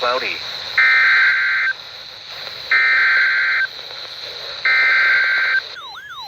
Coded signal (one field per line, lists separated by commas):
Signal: Emergency Alert System (SAME) tones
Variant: header bursts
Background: speech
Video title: Severe Thunderstorm Warning on WWH33 (7/29/20) (EAS 3304)